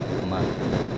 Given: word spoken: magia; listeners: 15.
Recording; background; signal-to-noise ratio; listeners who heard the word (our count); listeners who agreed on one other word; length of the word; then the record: one Spanish word in noise, from a listening test; noise modulated by three-talker babble; -6.1 dB; 1 of 15; 6 of 15; 0.58 s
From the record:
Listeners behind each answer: 6, 2, 1, 1, 1, 1, 1, 1, 1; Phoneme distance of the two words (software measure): 24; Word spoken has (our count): 2 syllables, 5 phonemes, stress on syllable 1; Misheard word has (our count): 1 syllable, 3 phonemes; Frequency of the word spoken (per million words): 17.18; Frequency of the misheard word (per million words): 150.90